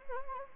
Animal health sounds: mosquito wingbeat signal from an infrared sensor; Anopheles gambiae

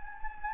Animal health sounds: mosquito wingbeat signal from an infrared sensor; Anopheles gambiae

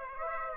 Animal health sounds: mosquito wingbeat signal from an infrared sensor; Aedes aegypti

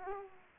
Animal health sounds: mosquito wingbeat signal from an infrared sensor; Aedes aegypti

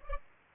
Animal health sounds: mosquito wingbeat signal from an infrared sensor; Culex pipiens

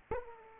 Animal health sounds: mosquito wingbeat signal from an infrared sensor; Aedes aegypti

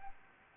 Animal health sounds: mosquito wingbeat signal from an infrared sensor; Anopheles arabiensis

